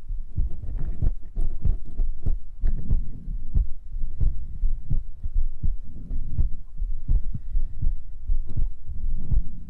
Heartbeat and Breathing.